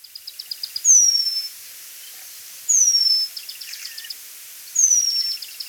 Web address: penduline tit call